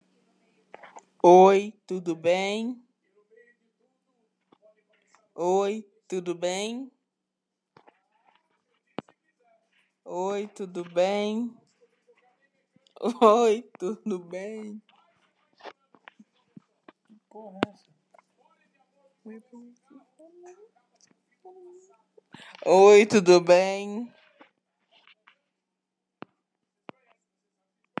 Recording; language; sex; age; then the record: spoken sentence; Brazilian Portuguese; female; 20 to 29 years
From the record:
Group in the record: control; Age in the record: 24 years